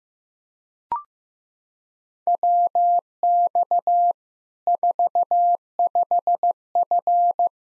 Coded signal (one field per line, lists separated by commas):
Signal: Morse code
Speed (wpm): 15 wpm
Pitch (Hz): 700 Hz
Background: none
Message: WX 45F